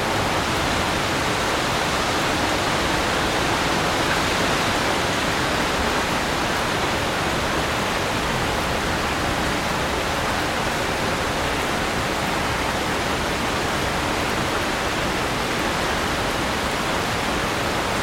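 A relentless rainstorm pours down over central London, a constant dense wash of rain with no breaks or changes in level across the whole stretch. The sound is full and hissing, reaching from a low rumble up into bright spray, with no separate drops or events standing out.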